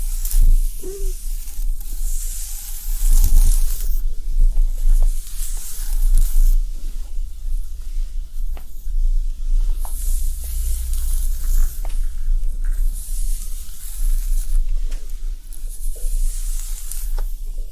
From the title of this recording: hair play, scalp massage, brushing + whispering